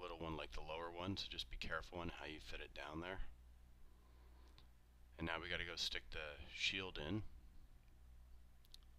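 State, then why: Seated. During reassembly of an opened iPhone 4S, the small metal top cable shield is pressed down over a thin cable on the logic board while someone talks. After a quieter stretch, a short, sharp click is heard at 8.7 s as the shield seats into place.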